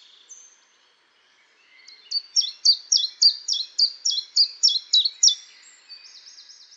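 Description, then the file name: Common chiffchaff singing a fast song: a rapid, steady series of many sharp, high chiff-chaff notes. "pierwiosnek peter boesman. tjiftjaf snelle zang"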